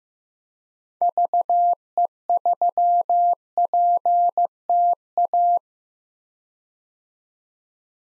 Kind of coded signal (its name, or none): Morse code